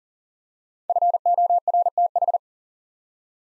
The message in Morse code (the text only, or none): FORTH